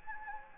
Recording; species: mosquito wingbeat signal from an infrared sensor; Anopheles gambiae